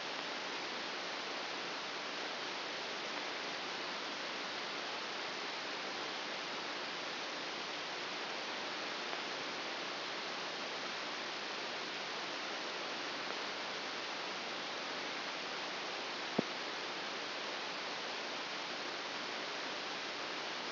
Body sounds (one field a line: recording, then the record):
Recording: brain microelectrode recording played as sound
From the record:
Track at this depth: inside the subthalamic nucleus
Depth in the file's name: 0.107 mm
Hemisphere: right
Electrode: 2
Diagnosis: Parkinson's disease